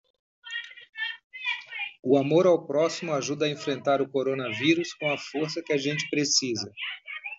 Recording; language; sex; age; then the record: spoken sentence; Brazilian Portuguese; male; 40 to 49 years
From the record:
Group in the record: control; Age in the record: 48 years